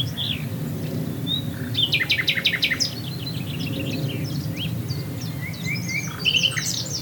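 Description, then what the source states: Common nightingale song mixing buzzy pulsed bursts, a thin drawn-out whistle and quick repeated chirps, varied phrases over a low droning background. Swale.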